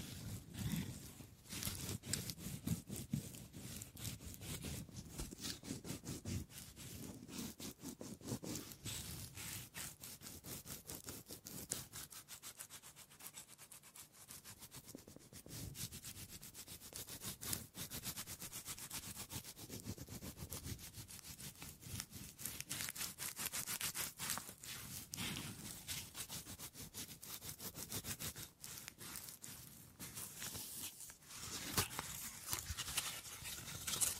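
Wood sounds made for triggers: steady, dense scratching and rubbing with a crisp, crackly top and a soft low thump underneath. The texture stays busy throughout, easing briefly around 12 to 15 seconds before the scraping picks back up.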